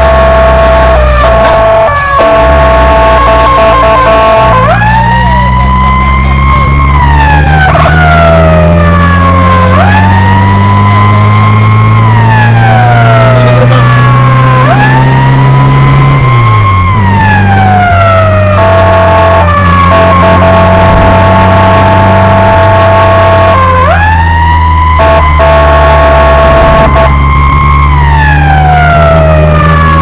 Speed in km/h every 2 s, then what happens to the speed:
44, 29, 31, 38, 40, 48, 53, 65, 68, 67, 67, 70, 61, 59, 58.
0-2 brakes to 29. 4-16 speeds up to 68. 16-22 steady at about 67. 22-25 brakes to 59.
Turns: none.